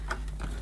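A small release catch on the plastic hose inlet at the front of a 1980s Hoover S3126 Sensotronic System 1 cylinder vacuum cleaner is operated and clicks open at 0.1 s, unlocking the hose and revealing a power socket. Fainter ticks follow at about 0.3 s and 0.4 s, and the catch ends released.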